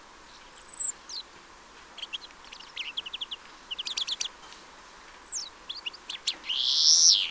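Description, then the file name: European greenfinch giving thin high whistled notes and dry twittering trills, ending with a loud nasal wheeze. "Chloris chloris"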